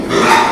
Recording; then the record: squeal of a Yucatan mini pig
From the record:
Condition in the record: after surgery on the right vocal fold (resection and tissue-engineered implant); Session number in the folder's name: 2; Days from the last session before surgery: 13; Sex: male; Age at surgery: 12 weeks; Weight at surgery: 13 kg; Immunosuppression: cyclosporine, prednisolone